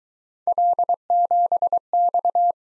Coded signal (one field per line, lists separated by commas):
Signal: Morse code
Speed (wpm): 22 wpm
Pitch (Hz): 700 Hz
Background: none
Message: L7X